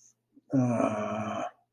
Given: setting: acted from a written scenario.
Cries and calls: vocal sound without words; disappointment

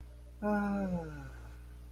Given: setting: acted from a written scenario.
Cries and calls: vocal sound without words; serenity

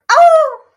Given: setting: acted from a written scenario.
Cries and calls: vocal sound without words; pain

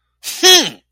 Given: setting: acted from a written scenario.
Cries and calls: vocal sound without words; pain

